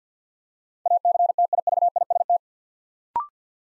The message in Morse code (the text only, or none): ACTIVIST